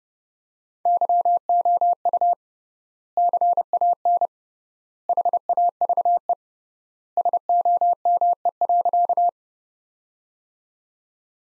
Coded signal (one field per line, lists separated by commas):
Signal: Morse code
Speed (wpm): 30 wpm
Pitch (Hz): 700 Hz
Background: none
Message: YOU CAN HAVE SOME.